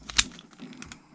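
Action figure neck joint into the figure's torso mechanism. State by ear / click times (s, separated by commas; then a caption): seated / 0.2 s. The plastic neck joint of a vintage Kenner Aliens Bull Alien action figure, after several tries, catches with a sharp click at 0.2 s as it locks into the figure's torso mechanism, among fainter clicks and ticks. The neck seats, though the mechanism isn't quite good.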